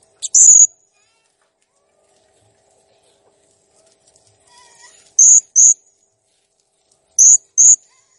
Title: Masteran Burung Serindit Ll Masteran Serindit Gacor Jernih